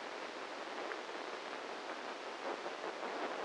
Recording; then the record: brain microelectrode recording played as sound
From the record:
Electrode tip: inside the subthalamic nucleus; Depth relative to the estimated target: -2 mm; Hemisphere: right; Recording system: NeuroSet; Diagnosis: Parkinson's disease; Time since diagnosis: 7 years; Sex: male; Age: 44 years